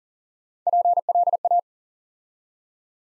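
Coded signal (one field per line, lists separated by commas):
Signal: Morse code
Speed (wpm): 38 wpm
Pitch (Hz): 700 Hz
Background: none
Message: PLA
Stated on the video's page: Morse practice drill at 40 wpm building 6-letter words three letters at a time, for instant character recognition.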